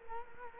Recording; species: mosquito wingbeat signal from an infrared sensor; Culex quinquefasciatus